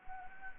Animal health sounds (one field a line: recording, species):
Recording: mosquito wingbeat signal from an infrared sensor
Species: Anopheles gambiae